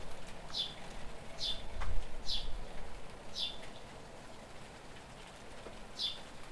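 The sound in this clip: House sparrow call, five brief high chirps, the first four close together about a second apart, then a pause before the last; faint low rumble underneath.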